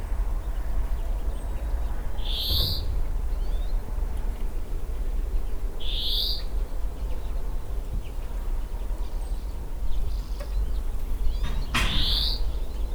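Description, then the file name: European greenfinch uttering short buzzy rising calls, three in all, spaced several seconds apart, over a continuous low droning background. "Chloris chloris"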